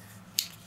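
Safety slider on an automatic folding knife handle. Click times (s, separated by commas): 0.4 s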